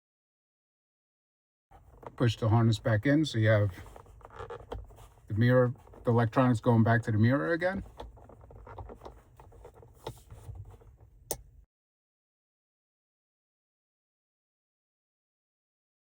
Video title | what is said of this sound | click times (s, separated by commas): 2027 Kia Telluride Mirror Tap for you Radar Detector | After you hear the harness click back into the into that spot there, | 11.3 s